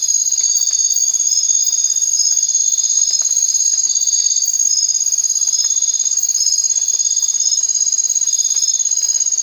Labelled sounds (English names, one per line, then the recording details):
none
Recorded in secondary vegetation near Puerto Asís, Putumayo, Colombia, on 30 June 2025 at 23:30
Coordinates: 0.499, -76.323
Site G077